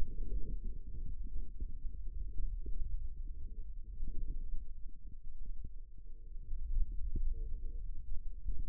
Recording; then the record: forearm muscle sounds (acoustic myography)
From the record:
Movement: hand opening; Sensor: system 2, bracelet of six BSWA MPA416 microphones around the upper forearm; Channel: 2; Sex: male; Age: 22 years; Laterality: right